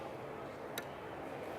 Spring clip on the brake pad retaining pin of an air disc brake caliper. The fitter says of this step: your spring clip in it clicks we've got a good solid click it's good to go